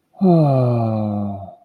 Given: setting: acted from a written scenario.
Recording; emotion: vocal sound without words; sadness